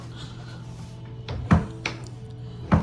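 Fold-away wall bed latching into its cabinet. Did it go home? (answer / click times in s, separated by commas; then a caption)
no / none. A folded wall bed is pushed up into its cabinet to lock it. The pushes make several dull knocks around 1.3, 1.5, 1.9 and 2.7 seconds over a steady low hum, but the latch fails to catch, so nothing has clicked or seated yet.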